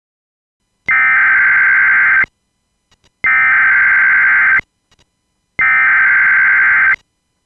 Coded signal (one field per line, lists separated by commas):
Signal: Emergency Alert System (SAME) tones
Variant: header bursts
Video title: EAS Scenario #5: The Tornado Outbreak